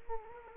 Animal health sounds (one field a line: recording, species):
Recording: mosquito wingbeat signal from an infrared sensor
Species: Culex quinquefasciatus